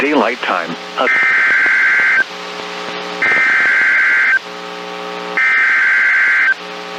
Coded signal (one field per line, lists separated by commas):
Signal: Emergency Alert System (SAME) tones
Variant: header bursts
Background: speech